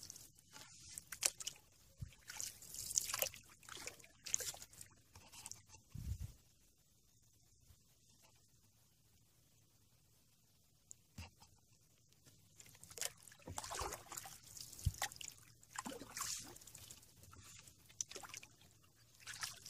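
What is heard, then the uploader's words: A canoe on a lazy river, with irregular paddle splashes and water trickles, a quiet lull midway, then more splashing and drips. Canoe In River. A CANOE IN LAZY RIVER.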